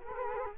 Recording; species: mosquito wingbeat signal from an infrared sensor; Culex quinquefasciatus